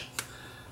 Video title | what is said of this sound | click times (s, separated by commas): fixing an old mechanical timer | snaps in place | 0.2 s